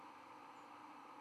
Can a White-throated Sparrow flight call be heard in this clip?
yes